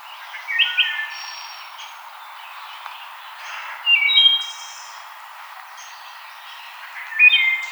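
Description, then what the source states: Wood thrush singing a few clear fluty phrases over several seconds. Recorded 5 May 2007.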